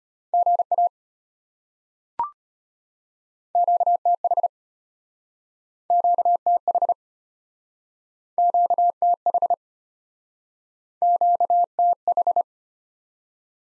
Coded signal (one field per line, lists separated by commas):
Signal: Morse code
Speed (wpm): 33 wpm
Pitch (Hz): 700 Hz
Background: none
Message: GA QTH QTH QTH QTH